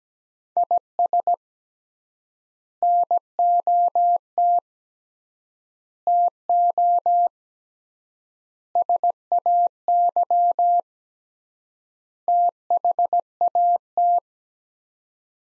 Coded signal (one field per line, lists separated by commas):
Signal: Morse code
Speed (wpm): 17 wpm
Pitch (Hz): 700 Hz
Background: none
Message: IS NOT TO SAY THAT